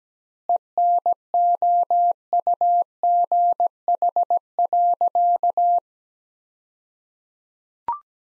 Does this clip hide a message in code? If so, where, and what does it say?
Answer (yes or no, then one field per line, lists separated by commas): yes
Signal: Morse code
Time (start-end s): 0.5-5.8 s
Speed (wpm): 17 wpm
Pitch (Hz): 700 Hz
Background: none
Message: ENOUGH.